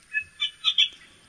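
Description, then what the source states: Yellow bittern calls: four short notes in quick succession, the last two close together. Juvenile bird.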